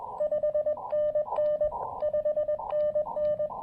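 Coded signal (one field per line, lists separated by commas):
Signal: Morse code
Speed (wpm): 21 wpm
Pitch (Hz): 600 Hz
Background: none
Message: 5NN 5NN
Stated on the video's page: Parks on the Air activation on 20 meters with an Elecraft KX2 QRP field transceiver.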